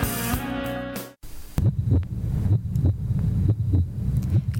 The simple sound of a heartbeat.